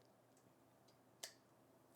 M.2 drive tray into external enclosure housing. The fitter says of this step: you should hear it click so that it doesn't push back out and we are good to go